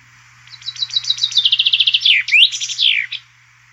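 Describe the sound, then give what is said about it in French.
A common chaffinch, a small bird about 15 cm long with reddish plumage, a blue cap and black-and-white wings, sings a bright, rapid trill of descending notes that speeds into a flourish and ends with a sharp downward phrase, all over a faint low hum. “Et tout de suite, je partage avec vous le chant du pinson.”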